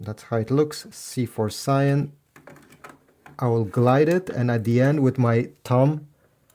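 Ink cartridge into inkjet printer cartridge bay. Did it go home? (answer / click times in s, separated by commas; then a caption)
no / none. A cyan ink cartridge is handled and glided into the cartridge bay of a Brother MFC-J1410DW inkjet printer while someone talks, with a few faint soft taps and small handling noises around 2.4–3.3 seconds. The clip ends before the thumb pushes it home, so nothing has seated or clicked yet.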